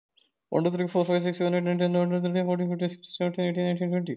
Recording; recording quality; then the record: counting at a fast pace; excellent, no background noise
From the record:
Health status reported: COVID-19 positive, no symptoms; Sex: male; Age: 25 years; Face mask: not worn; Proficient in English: no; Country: India